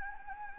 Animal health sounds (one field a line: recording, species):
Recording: mosquito wingbeat signal from an infrared sensor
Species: Anopheles gambiae